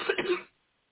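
A single short, rough cough from an adult woman, lasting about half a second with two or three quick pulses before fading out. It is close to a throat clear, with no wheeze or stridor. The cough has persisted for days. It sounds muffled, as if in a small room.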